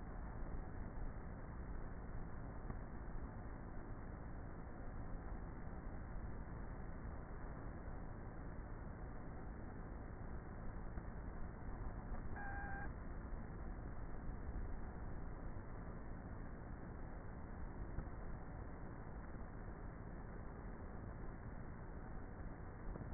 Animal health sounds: honeybee colony, microphone inside the hive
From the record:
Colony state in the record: queenless with a low population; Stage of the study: before two queens were removed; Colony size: about 30,000 bees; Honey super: no

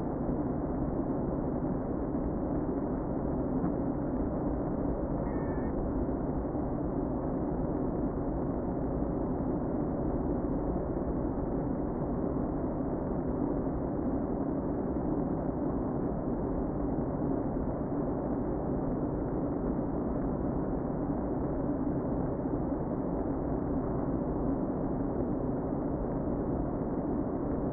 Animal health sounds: honeybee colony, microphone inside the hive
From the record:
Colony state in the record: queen present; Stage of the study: before two queens were removed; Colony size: about 60,000 bees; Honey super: yes

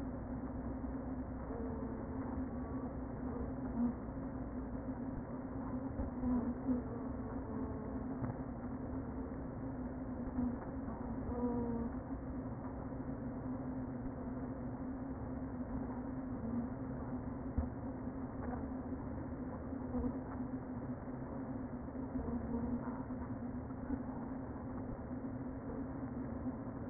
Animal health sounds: honeybee colony, microphone inside the hive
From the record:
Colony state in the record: queen present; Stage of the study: before two queens were removed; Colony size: about 60,000 bees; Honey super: yes

